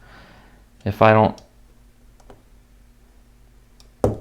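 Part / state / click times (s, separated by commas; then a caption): plastic snap pin into cross beam side hole of a space station model / seated / 4.0 s. A small plastic snap pin on a space station scale-model part is pressed into a side hole of the cross beam, braced against the table for resistance. Someone talks briefly near the start, a few faint ticks follow, and the pin goes home with a sharp snap at 4.0 s, seated.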